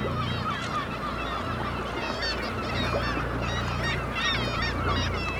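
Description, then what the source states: Black-legged kittiwakes calling as a dense colony chorus of nasal, wavering cries that overlap continuously, over a steady low hum. Recorded at Dunbar.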